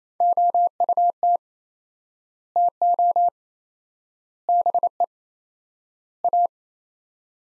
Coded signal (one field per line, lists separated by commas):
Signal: Morse code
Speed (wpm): 27 wpm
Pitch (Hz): 700 Hz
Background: none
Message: OUT TO BE A